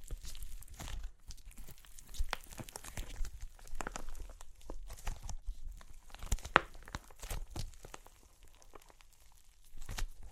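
Crunchy clay cracks and crumbles in dense, irregular bursts of sharp crackling, with rapid snaps clustered throughout. One especially sharp snap stands out near six and a half seconds, and the activity thins briefly around eight seconds before picking up again at the end.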